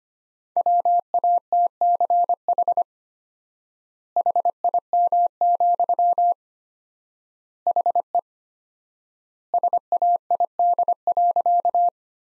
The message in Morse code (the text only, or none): WATCH HIM, HE SAID.